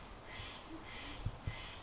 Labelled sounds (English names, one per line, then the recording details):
Steller's Jay
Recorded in Sonoma County, California